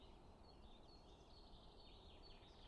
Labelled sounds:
Great Tit
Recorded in Germany
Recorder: ecoPi

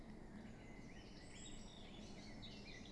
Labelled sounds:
Common Blackbird
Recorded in Germany
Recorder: ecoPi

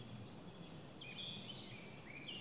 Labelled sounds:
Eurasian Blackcap
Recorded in Germany
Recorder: ecoPi

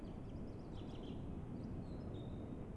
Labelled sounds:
Song Thrush
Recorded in Germany
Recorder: ecoPi

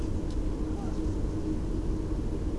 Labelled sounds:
Eurasian Blackcap
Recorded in Germany
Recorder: ecoPi

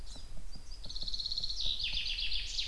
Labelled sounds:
Common Chaffinch
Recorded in Germany
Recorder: ecoPi

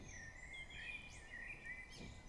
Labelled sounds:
Common Blackbird
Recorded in Germany
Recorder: ecoPi

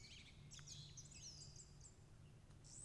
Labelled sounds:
Song Thrush
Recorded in Germany
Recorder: ecoPi

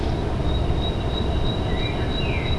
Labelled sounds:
Great Tit
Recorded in Germany
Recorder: ecoPi

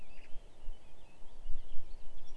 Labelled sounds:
Eurasian Blackcap
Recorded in Germany
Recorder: ecoPi

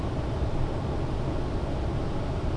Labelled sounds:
none
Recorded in Germany
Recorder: ecoPi

